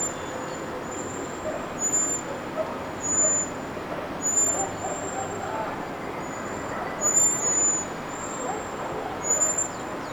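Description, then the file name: Common blackbird calls: thin, very high drawn-out seee notes, several in a row, irregularly spaced, over a steady broad hiss. "Turdus merula"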